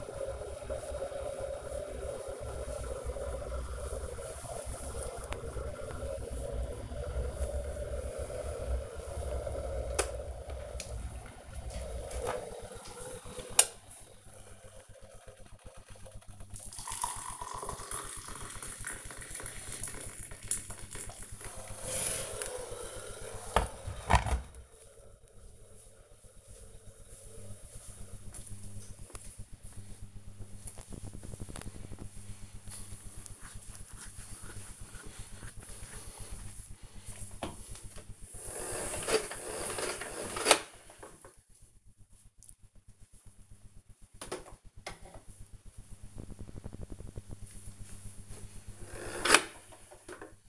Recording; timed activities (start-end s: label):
household activities, microphone on the right wrist
0.00-23.51 s: making tea
47.65-50.48 s: floor cleaning